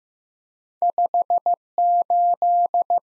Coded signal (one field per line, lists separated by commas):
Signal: Morse code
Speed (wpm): 15 wpm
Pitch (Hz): 700 Hz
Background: none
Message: 58